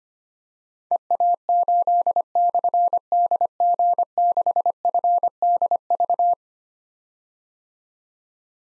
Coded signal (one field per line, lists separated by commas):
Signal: Morse code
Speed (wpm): 25 wpm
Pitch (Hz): 700 Hz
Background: none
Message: EA8/DG6FDV